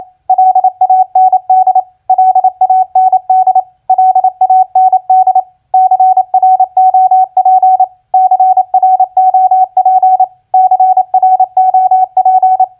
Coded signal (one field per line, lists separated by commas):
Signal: Morse code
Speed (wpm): 28 wpm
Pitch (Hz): 750 Hz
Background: none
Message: LAND LAND LAND CROP CROP CROP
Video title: Morse Code Practice Word Recognition FARM-LAND-CROP 28wpm